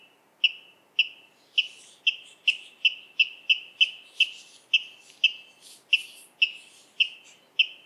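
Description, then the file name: Water rail calling a steady run of hard, clipped kip notes, with a few buzzier, broader notes mixed in partway. "Waterral Rallus aquaticus"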